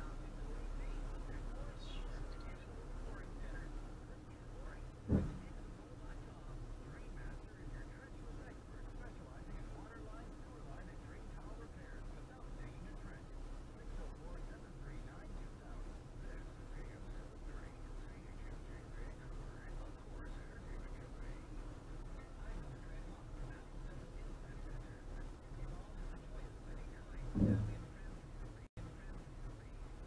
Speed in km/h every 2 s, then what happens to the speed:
1, 1, 0, 0, 1, 0, 0, 0, 0, 0, 0, 0, 0, 0, 0.
0-30 standing.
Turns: none.